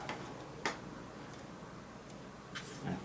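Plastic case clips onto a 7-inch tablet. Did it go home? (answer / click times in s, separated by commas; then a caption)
yes / 0.1 s, 0.7 s. Plastic clips of a Poetic Revolution protective case are pressed around the edge of a 7-inch Nexus 7 (2013) tablet. Sharp clicks sound at 0.1 s and 0.7 s, followed by fainter ticks near 2.6 s and 2.9 s. The clips snap into place and the case is seated, confirmed by ear.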